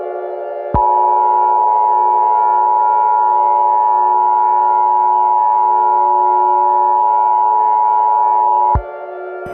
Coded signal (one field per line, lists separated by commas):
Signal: Emergency Alert System (SAME) tones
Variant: 853 and 960 Hz attention tone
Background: music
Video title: EAS Scenario - Moose and Zee and the NOGGIN Invasion